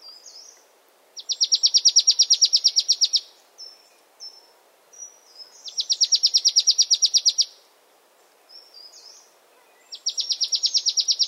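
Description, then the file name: Marsh tit giving a fast, even rattle of repeated high notes lasting about two seconds, heard three times, the last cut off at the end, with brief thin calls between bursts. "Poecile palustris"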